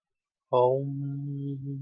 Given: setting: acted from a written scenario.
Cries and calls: vocal sound without words; serenity

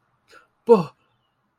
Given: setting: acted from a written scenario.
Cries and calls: vocal sound without words; negative surprise

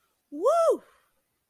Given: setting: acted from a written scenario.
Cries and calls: vocal sound without words; elation

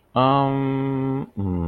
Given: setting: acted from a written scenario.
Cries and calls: vocal sound without words; confusion

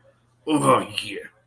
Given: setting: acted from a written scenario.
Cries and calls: vocal sound without words; pride

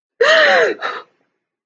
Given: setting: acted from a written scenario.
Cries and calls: vocal sound without words; fear

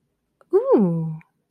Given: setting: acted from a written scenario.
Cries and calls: vocal sound without words; interest

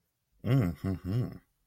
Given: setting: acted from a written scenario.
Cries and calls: vocal sound without words; romantic love

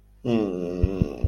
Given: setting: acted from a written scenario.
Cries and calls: vocal sound without words; shame

